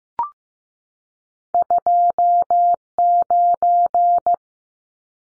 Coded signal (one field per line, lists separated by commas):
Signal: Morse code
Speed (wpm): 15 wpm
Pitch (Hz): 700 Hz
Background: none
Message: 29